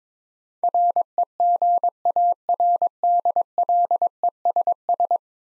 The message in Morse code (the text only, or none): REGARDLESS